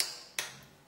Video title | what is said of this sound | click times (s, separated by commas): Le jeu de direction : RÉGLAGE | le clac à l'ouverture garantit la fraîcheur non le claque vous garantit que vous avez serré à la bonne force | 0.0 s, 0.4 s